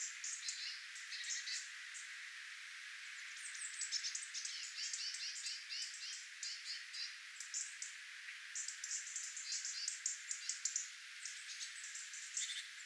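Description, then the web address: Tits giving high, thin flock calls, dense overlapping clusters of short sharp notes nearly throughout, with brief gaps, over a steady hiss. Tit flock, recorded 11 October 2024. "paivat 11 10 2024 punarintoja tiaisparvi"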